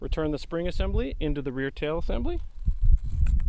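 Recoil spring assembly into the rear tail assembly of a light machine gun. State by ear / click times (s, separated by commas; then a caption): seated / 3.3 s. Someone talks while the recoil spring assembly of a disassembled light machine gun is pushed back into its rear tail assembly. Low handling noise follows, then a sharp metal click at 3.3 s as the recoil spring assembly seats in the rear tail assembly.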